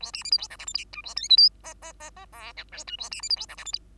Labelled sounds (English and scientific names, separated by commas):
Bengalese Finch (Lonchura striata domestica) song